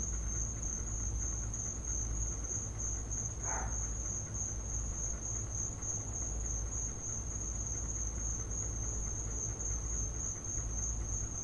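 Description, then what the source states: Crickets produce a steady high trill; a short faint sound briefly appears early on, over low rumble. Crickets in the recordist's back yard; field recording.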